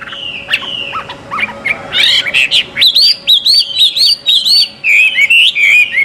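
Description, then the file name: Chinese hwamei song opening with soft scattered notes, then building into loud looping whistles repeated in fast succession over a faint background hum. Song at a bird gathering. "audio gathering hwamei. omkicau"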